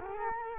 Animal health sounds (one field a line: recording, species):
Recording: mosquito wingbeat signal from an infrared sensor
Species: Culex quinquefasciatus